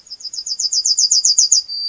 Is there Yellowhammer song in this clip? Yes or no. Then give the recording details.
yes. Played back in grassland. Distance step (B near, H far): B. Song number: 118